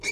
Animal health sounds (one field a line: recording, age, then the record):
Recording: pig call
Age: weaner (32 to 43 days)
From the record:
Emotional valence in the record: negative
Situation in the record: short isolation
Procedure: open field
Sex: female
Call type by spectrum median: high-frequency call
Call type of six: high-frequency stable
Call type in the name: high-frequency stable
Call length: 0.11 s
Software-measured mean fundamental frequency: 323 Hz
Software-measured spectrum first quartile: 2139 Hz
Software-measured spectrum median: 2775 Hz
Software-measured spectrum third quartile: 5654 Hz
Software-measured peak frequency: 2325 Hz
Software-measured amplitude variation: 127 dB a second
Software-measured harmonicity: 5.7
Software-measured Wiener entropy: -2.57